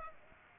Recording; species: mosquito wingbeat signal from an infrared sensor; Aedes aegypti